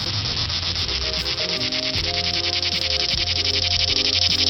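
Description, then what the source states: Periodical cicadas producing a dense, continuous pulsing buzz. The periodical cicada's mating call.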